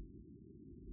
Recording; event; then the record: neck accelerometer signal played as sound; no cough (speech, laughter, throat clearing or background)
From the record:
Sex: female